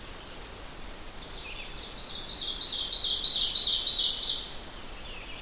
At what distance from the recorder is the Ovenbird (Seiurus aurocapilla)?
about 25 m